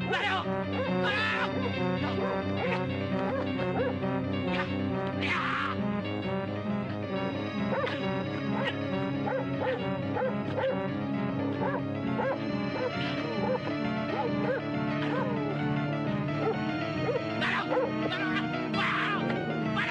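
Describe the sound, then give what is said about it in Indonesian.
A dog named Brando barks again and again in sharp, irregular bursts, some yippy and high, over a steady droning tonal background that runs the whole time. “Lihat Brando, kenapa itu? Gonggong terus.”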